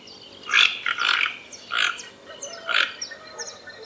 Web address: sound Ramphastos-toco. دانلود-صدای-پرنده-توکان-منقاردار